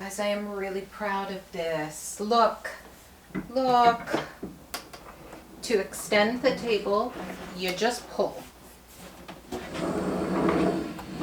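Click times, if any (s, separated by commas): none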